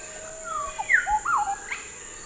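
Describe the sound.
Bird calls with bright slurred whistles, two falling downslurs and short rising hooks in quick succession, followed by a faint higher note, against a persistent high whine.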